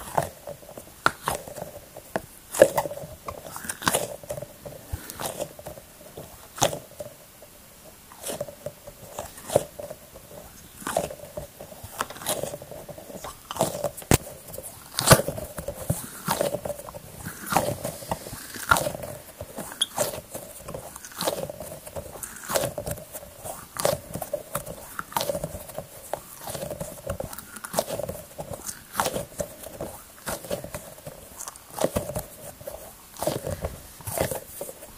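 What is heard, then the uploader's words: A squishy ball is kneaded, giving a dense, irregular run of short crackles, squelches and soft crunches that continues for the whole time. A faint steady mid-pitched tone sits underneath. Knead a relaxing ball. ASMR.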